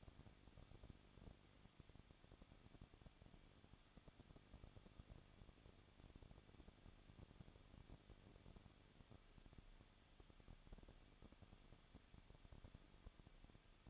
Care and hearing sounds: daily activity, microphone in the room; no activity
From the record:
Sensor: 4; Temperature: 23.0 degrees Celsius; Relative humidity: 34.2%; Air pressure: 1007.3 hPa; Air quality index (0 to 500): 216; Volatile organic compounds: 15 ppm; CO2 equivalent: 2506 ppm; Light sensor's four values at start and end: 2/3/1/1 and 2/3/1/1

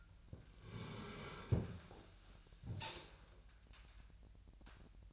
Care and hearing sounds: daily activity, microphone in the room; sit down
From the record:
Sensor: 2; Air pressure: 1001.8 hPa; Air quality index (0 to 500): 238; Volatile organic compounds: 70 ppm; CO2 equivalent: 3520 ppm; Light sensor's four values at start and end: 7/16/6/7 and 8/19/8/8

